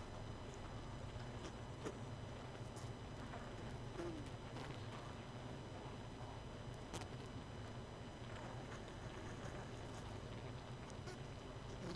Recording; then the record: honeybee colony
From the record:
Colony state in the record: missing queen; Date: 31 May 2018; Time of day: 22:13